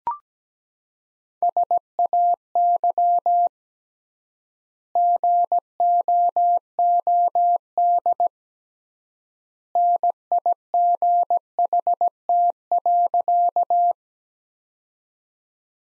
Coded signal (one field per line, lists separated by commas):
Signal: Morse code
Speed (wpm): 17 wpm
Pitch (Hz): 700 Hz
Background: none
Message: SAY GOOD NIGHT.